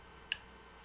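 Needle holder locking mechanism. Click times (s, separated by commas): 0.3 s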